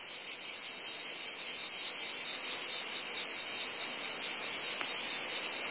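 Cicadas making an unbroken high, sizzling drone, level and even from start to finish, over a wash of broad noise.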